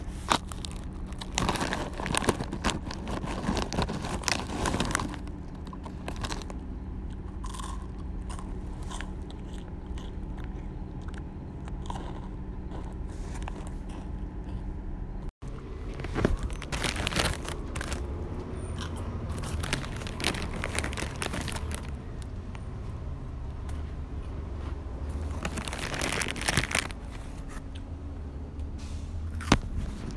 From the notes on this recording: Snickers and chips